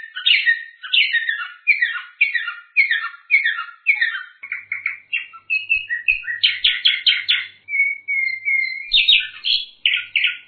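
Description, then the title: Bird song of jerky, twittering notes repeated rapidly, later broken by short clear whistles and a final buzzy flourish. Masteran tutor recording. "LuckyBurung MasteranBest"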